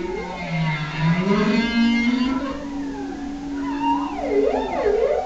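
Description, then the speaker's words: Whale song underwater, long low moans sliding slowly upward, with higher swooping notes overlapping near the end. Instrument moored underwater in the Bering Strait for over a year; a couple of different whales singing at the same time. "And you can actually hear a couple different whales singing at the same time in this one."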